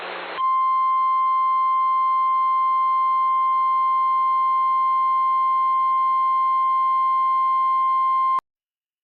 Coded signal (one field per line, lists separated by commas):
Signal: Emergency Alert System (SAME) tones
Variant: 1050 Hz attention tone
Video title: SVR GALORE 9: MRGL RISK MANIA... EAS Alerts from 7/10/23 - 7/11/23 (EAS #2,651 - 2,680)